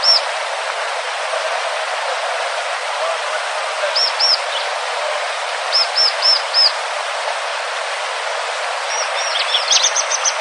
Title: Kicau Ciblek Gunung